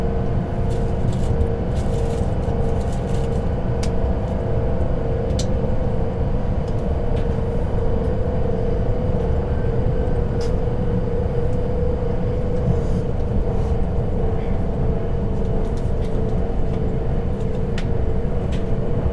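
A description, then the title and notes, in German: A night train ride: a steady, heavy low rumble fills the whole stretch, with a constant humming tone running above it. Short clicks and ticks pop up irregularly every second or two, like rattling or track noise, while the overall level never changes. Zugfahrt in der Nacht.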